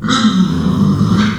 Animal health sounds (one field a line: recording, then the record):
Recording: squeal of a Yucatan mini pig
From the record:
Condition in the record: after surgery on the right vocal fold (resection and tissue-engineered implant)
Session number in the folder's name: 13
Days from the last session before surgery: 113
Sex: female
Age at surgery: 19 weeks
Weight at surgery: 25 kg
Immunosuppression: prednisolone